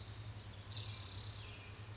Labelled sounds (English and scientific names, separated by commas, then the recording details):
Spotted Towhee (Pipilo maculatus)
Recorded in Sonoma County, California